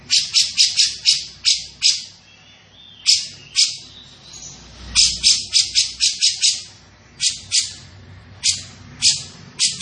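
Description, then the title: Grey-cheeked bulbul calling with rapid rasping notes in clustered bursts, separated by uneven pauses and some softer sounds. Bird vocalising actively and persistently (gacor), with a dense and clear voice. "Cucak Jenggot Gacor, Suara Rapat Dan Jernih"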